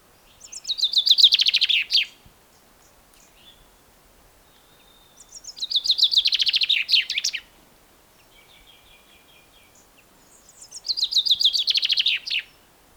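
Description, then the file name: Common chaffinch song: three bright descending trills, each about two seconds long and ending in a flourish, repeated roughly every five seconds, with soft notes between phrases. "Fringilla coelebs"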